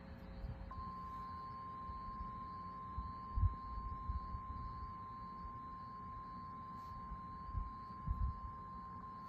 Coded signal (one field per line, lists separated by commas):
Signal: Emergency Alert System (SAME) tones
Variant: 1050 Hz attention tone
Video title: EAS Alerts #203-208: Apr 27, 2024 - Oklahoma Severe Weather Event